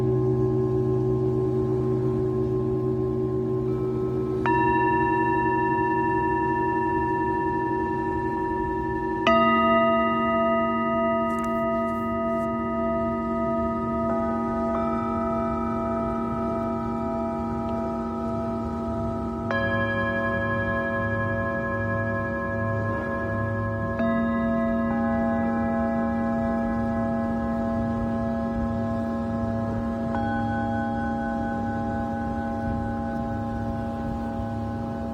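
A Tibetan singing bowl is struck repeatedly, about every five seconds, each strike adding bright ringing tones over a low, steady hum that sustains throughout. The tones overlap and decay slowly, with a faint pulsing wobble in the low drone and no other sounds.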